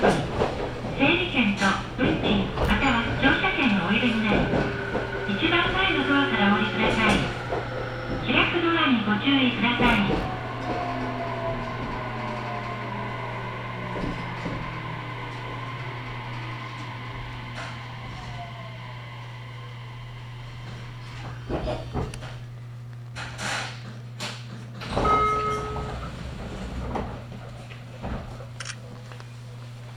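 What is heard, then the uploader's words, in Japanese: A ride on the Sasebo Line train from Arita toward Kitahoku, with a steady low hum running under everything. Voices and shifting tones fill the first ten seconds, then a falling whine fades into quieter rolling with scattered knocks and clicks near 22–26 seconds. 音の旅 佐世保線 有田→北方。普通列車鳥栖行きに乗車します。８１７系の２両編成で、日中駅員がいる駅は全てのドアが開きます。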